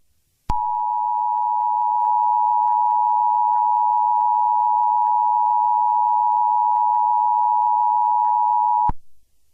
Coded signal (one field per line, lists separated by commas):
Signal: Emergency Alert System (SAME) tones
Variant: 853 and 960 Hz attention tone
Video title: Heartland Cataclysm (Eas Scenario)